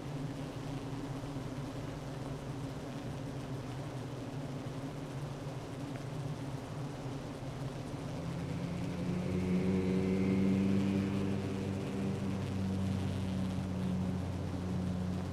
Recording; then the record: honeybee colony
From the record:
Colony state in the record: active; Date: 12 June 2018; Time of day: 9:23